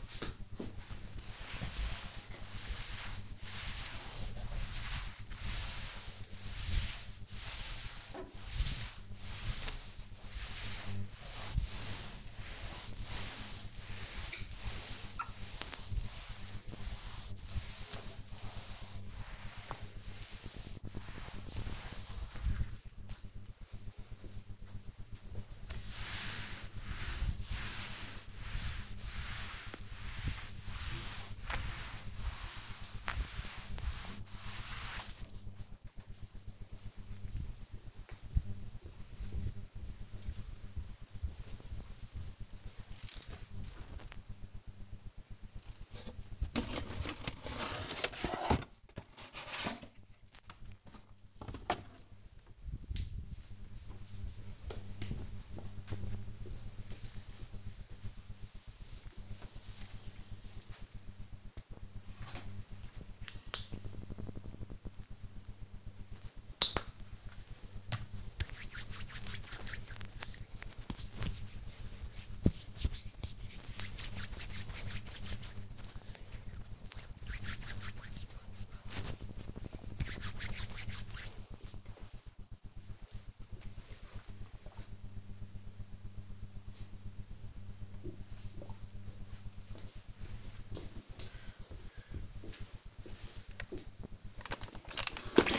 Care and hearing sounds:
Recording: household activities, microphone on the right wrist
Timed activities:
0.00-34.91 s: cleaning table
61.10-81.27 s: cream hands
94.36-95.59 s: vacuum cleaning

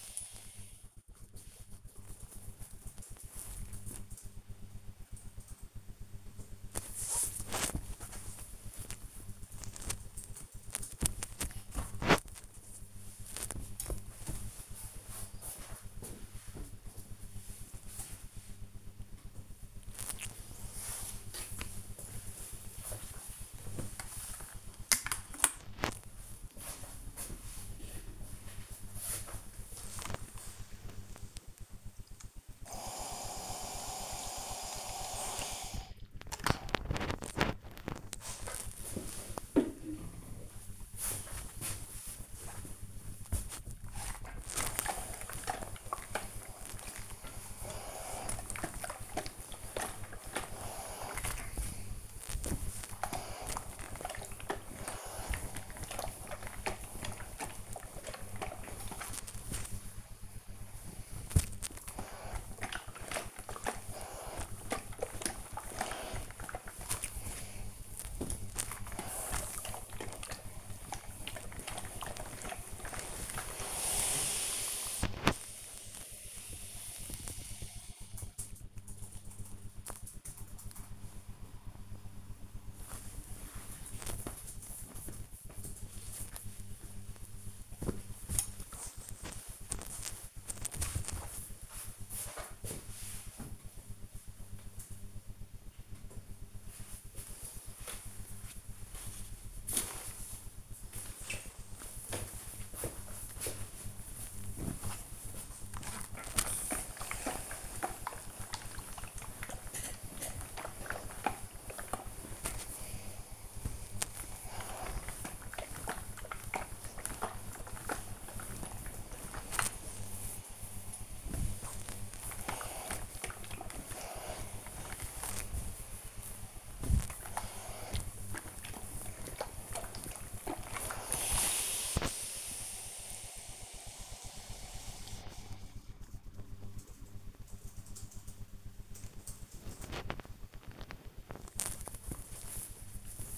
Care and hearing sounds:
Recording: household activities, microphone on the right wrist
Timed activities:
5.49-16.54 s: folding laundry
18.54-74.71 s: ironing laundry
80.72-92.76 s: folding laundry
95.77-133.86 s: ironing laundry
140.90-143.38 s: folding laundry

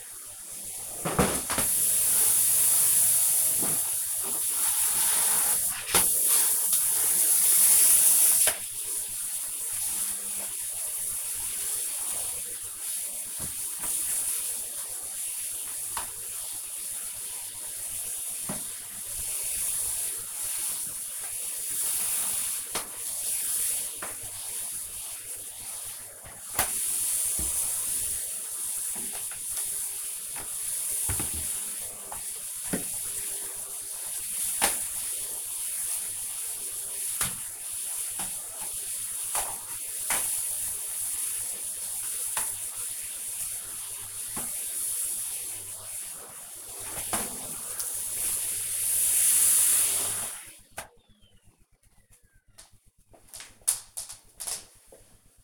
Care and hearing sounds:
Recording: household activities, microphone on the right wrist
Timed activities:
0.00-50.01 s: vacuum cleaning

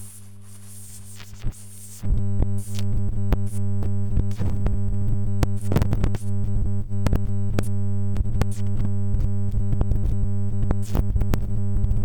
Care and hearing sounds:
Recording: household activities, microphone on the right wrist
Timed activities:
0.00-12.05 s: cleaning the cupboard
0.00-12.05 s: kitchen

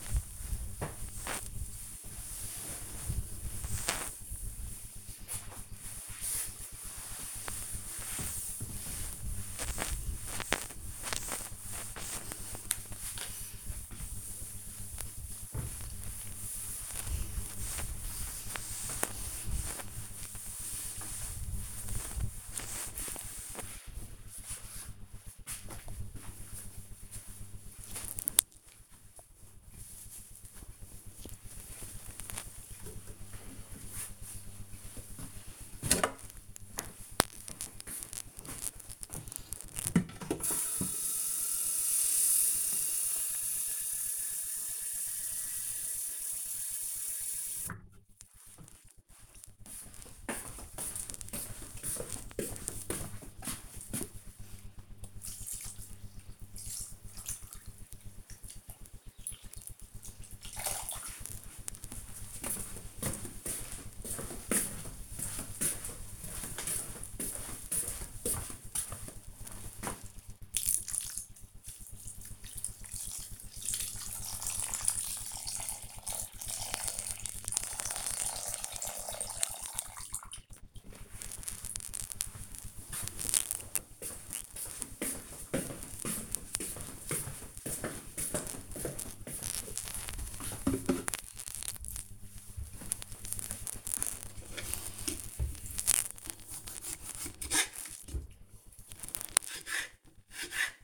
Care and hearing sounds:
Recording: household activities, microphone on the right wrist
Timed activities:
0.00-23.40 s: cleaning table
34.51-79.93 s: watering plant
94.03-100.84 s: cutting vegetables

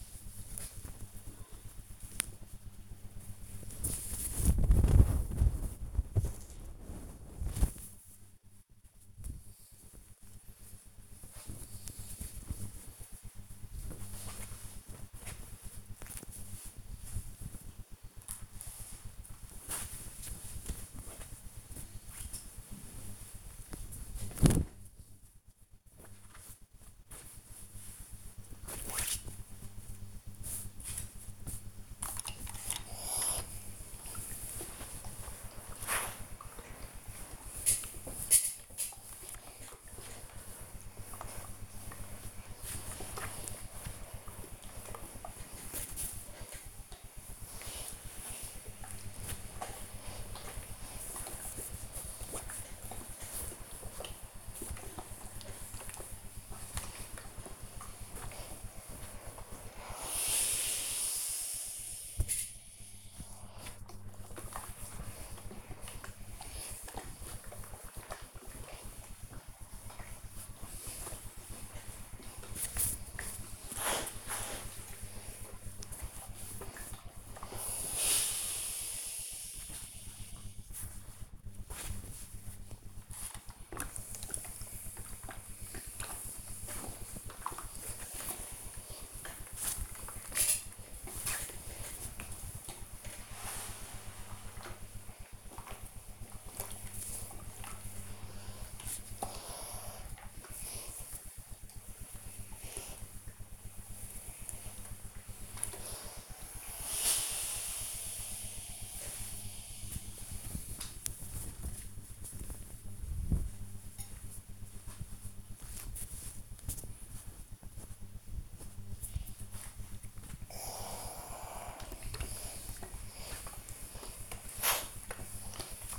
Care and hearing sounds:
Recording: household activities, microphone on the right wrist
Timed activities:
18.13-125.99 s: ironing laundry

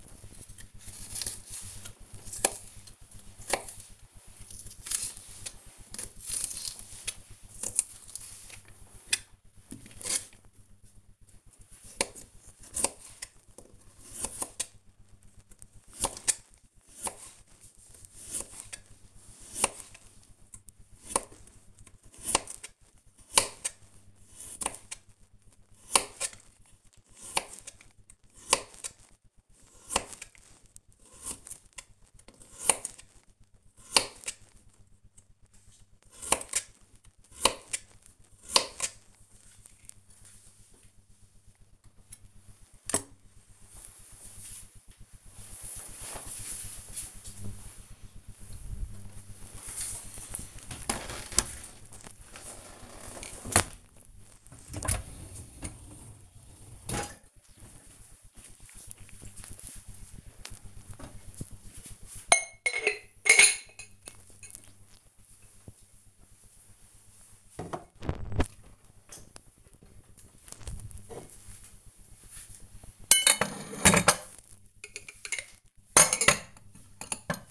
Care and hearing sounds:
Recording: household activities, microphone on the right wrist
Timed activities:
0.00-41.70 s: cutting vegetables
48.77-77.51 s: cleaning out the dishwasher

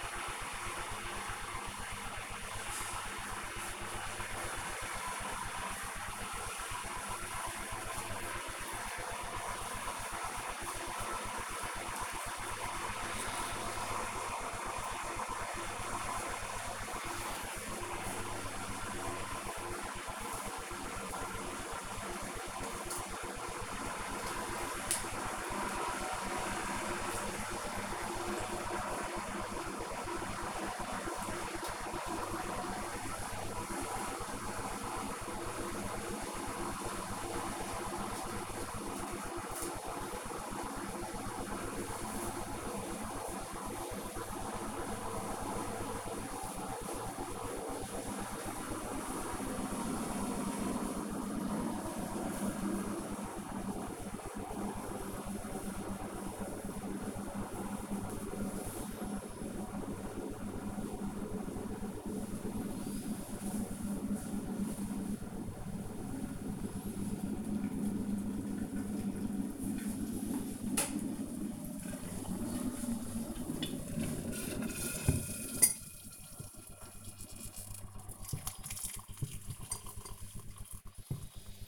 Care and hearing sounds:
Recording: household activities, microphone on the right wrist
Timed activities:
0.00-81.68 s: making tea

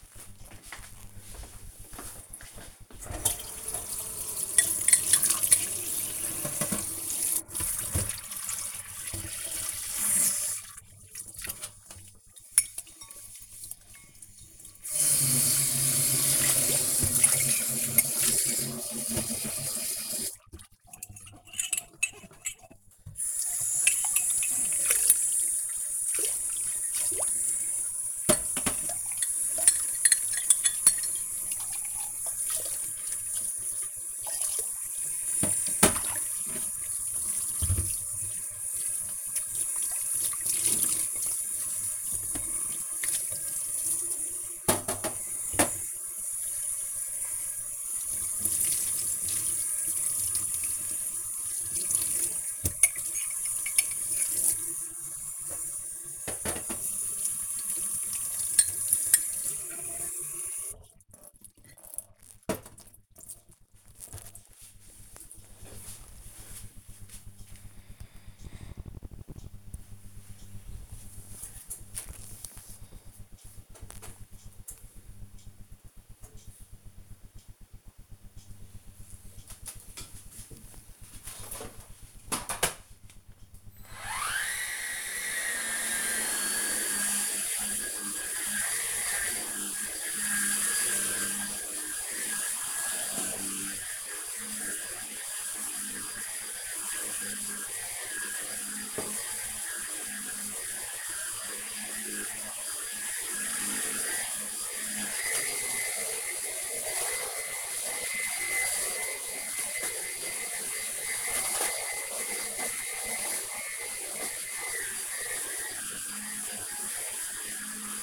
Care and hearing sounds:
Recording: household activities, microphone on the right wrist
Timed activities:
2.64-61.01 s: washing dishes
81.14-118.03 s: vacuum cleaning

